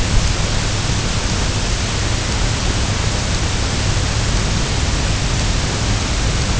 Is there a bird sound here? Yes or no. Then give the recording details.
no. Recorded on Arctic tundra, site UTQI-0, on 23 June 2018. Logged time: 06:00